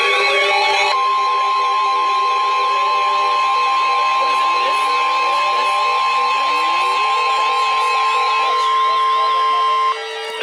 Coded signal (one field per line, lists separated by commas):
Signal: Emergency Alert System (SAME) tones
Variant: 1050 Hz attention tone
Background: speech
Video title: 3 Days of Severe Weather - An EAS Event (EAS #164-208)